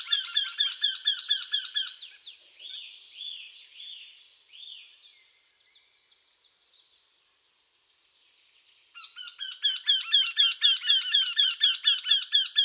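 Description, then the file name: Eurasian wryneck calling: a fast series of repeated nasal notes, broken by a stretch of softer sliding whistles before the repeated series resumes. "kretoglow"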